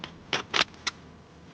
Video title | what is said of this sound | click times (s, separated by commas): Double Eagle M907E - Recenzja Test Opinia | okay, it clicked in place, but it was a bit sulky let's see how it feeds | 0.6 s